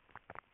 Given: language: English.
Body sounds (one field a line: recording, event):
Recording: throat vibration sensor signal played as sound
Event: swallow